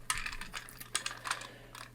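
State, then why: Seated. The tight plastic torso section of a small knock-off Tobot Mini Quatran transforming robot toy is worked out and pushed into the toy's body. Sharp plastic clicks at 0.1 s and 0.95 s stand out among quieter ticks and rattles as it is worked. The torso section clicks into place and is seated.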